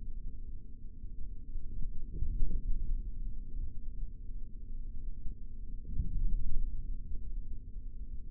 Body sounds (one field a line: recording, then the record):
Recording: forearm muscle sounds (acoustic myography)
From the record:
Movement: forearm supination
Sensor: system 3, bracelet of six PUI Audio POM-2738L microphones around the upper forearm, with dedicated amplification and filtering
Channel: 3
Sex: male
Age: 23 years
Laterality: right